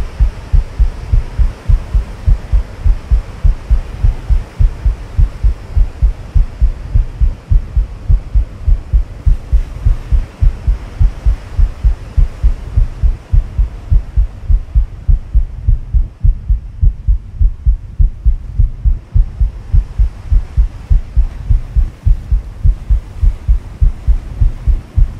Baby Sleep Womb Sound Relaxing Heartbeat For Babies.